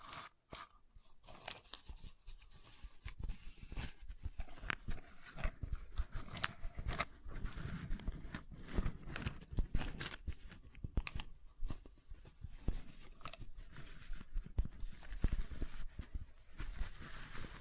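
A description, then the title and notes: Wooden knocks and taps come in an irregular, busy stream of sharp hollow clicks, with brief pauses, some louder bursts, and soft scraping between. ASMR Calming Wood Triggers for Sleep (No Talking).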